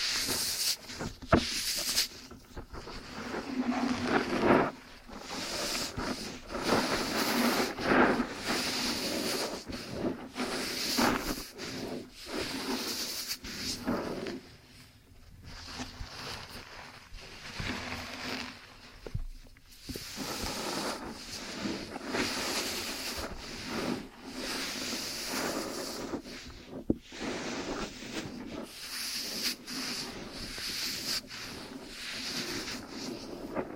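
Ear cleaning and kinetic sand sounds: a dense, steady stream of crackly, hissing scratches and rustles, bright and fizzy, with constant small pops and crunches. Brief pauses near 15, 20 and 27 seconds break the texture before it resumes at a similar level.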